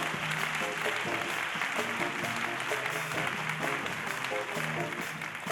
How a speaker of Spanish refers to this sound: un aplauso para él